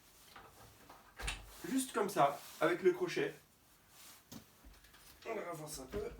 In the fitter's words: et il vient se clipser